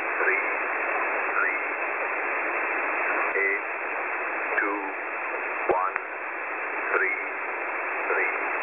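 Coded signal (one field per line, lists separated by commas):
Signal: numbers station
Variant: E06 English Man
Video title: E06 English Man Unscheduled TX 27/01/2023 1006 UTC 13921kHz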